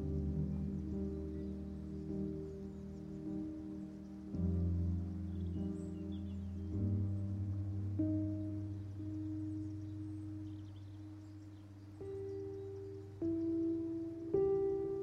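Gentle music of long, sustained low tones, like a soft pad or ringing bowl, holding steady chords. The notes shift every few seconds, around 4, 7, 8, 12, 13 and 14.5 seconds. The level stays soft and even throughout.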